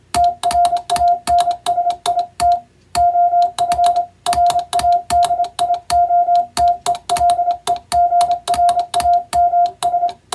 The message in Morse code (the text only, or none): TRANSIT OF RADIOTELEGRAMS